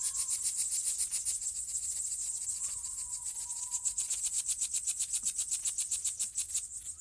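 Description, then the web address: Crickets give a loud, steady high-pitched chirping trill in rapid pulses, with faint lower whistled notes. Summer night ambience. "sonniss gdc audio. crickets owls summer night"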